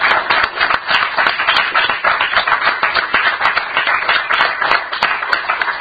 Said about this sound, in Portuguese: Bueno, pues aquella, para hoxe xa, vamos a dar un pouquinho, outro pouco de aplauso.